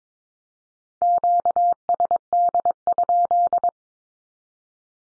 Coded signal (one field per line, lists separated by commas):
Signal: Morse code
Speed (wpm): 22 wpm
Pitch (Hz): 700 Hz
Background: none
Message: QSD?